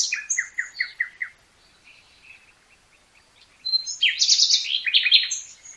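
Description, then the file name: Common nightingale song: a run of repeated descending notes, a pause, then a loud burst of rich, varied, rattling phrases. "Luscinia megarhynchos"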